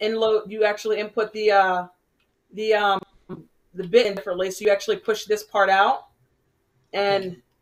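A driver bit is being readied to go into an impact driver's quick-release hex chuck, with the collar pushed out. Someone talks throughout in several bursts separated by short pauses, with no distinct mechanical sounds standing out. The bit has not clicked or seated in the chuck yet.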